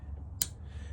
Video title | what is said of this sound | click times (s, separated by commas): How to install new Aero Precision Pro Front and Rear Takedown Pins | And then once you hear hear it click then this thing is totally contained and you are good to go. | 0.4 s